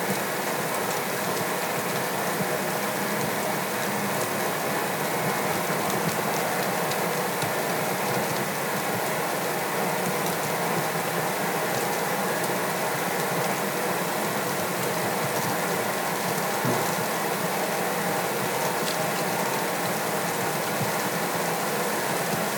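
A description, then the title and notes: Snow falls gently on a cabin deck, making a steady, dense patter of tiny ticks and clicks that never lets up. The texture stays even for the whole stretch, soft, with a faint airy hiss above and almost nothing in the low end. Gently falling snow outside of a cozy remote cabin. Here is audio of the snow gently falling on the deck of the cabin while I say inside by the fire. It was recorded with my my Sound Devices MixPre 6 and used both my Sennheiser MKH 416 shotgun mic.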